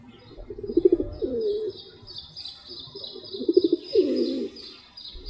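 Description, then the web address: Rock pigeon cooing, two low throaty phrases each opening with quick pulsing notes and ending in a drawn-out moan, while small birds chirp high in the background. "сизый-голубь"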